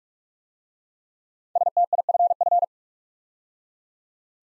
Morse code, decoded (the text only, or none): STIFF